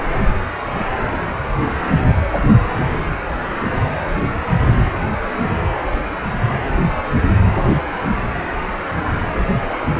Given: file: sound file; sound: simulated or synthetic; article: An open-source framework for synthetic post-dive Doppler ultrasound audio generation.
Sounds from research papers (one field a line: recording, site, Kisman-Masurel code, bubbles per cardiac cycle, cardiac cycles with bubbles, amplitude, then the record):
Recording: Doppler ultrasound audio after a dive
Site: precordial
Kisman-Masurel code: 000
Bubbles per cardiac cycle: 0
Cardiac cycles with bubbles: 0%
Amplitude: no bubbles discernible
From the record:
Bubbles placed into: full cardiac cycles